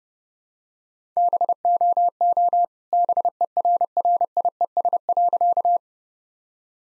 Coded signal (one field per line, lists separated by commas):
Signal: Morse code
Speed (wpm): 32 wpm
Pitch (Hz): 700 Hz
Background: none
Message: BOO BERRIES.